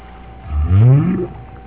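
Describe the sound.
Whale giving a single low, rising moan that sweeps upward over about a second, with a faint steady hum underneath.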